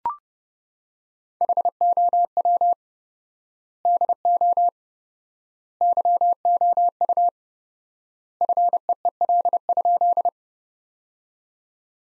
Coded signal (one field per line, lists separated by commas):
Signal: Morse code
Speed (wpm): 32 wpm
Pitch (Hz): 700 Hz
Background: none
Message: HOW DO YOU FEEL?